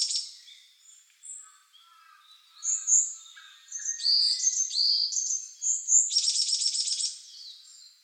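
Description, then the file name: Varied tit calls: thin high whistled notes and short slurred phrases building into a dense run, ending with a buzzy nasal rattle near the close. Recorded 9 April 2014. "yamagara 140409"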